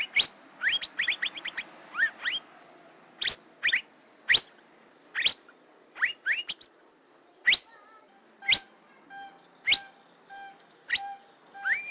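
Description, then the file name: Asian fairy-bluebird calling: a flurry of rising whistles at first, then spaced single upswept notes. "suara kacembang gadung"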